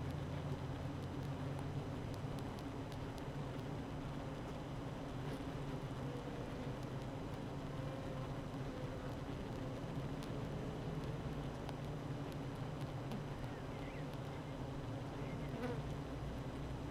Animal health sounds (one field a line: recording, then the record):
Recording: honeybee colony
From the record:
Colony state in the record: active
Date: 12 June 2018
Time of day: 8:21